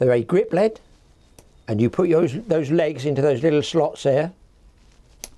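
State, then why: Seated. Someone talks while pushing the wire grip legs of a fishing impact lead into the small slots on the sinker body. A sharp click is heard at 5.2 s as a leg seats and locks in its slot.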